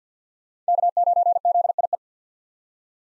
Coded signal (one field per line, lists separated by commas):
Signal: Morse code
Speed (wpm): 50 wpm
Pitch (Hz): 700 Hz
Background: none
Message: K9ZIE